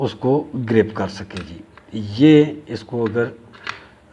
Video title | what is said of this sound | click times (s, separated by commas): Mossberg pump action test fire and assembly | इसे यहां रखें, तो देखिए, यह स्लाइड के अंदर पूरी तरह से बैठ गया है , और अगर | 3.7 s